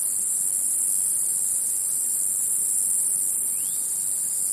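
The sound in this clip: Cicada song: a steady shrill buzz throughout.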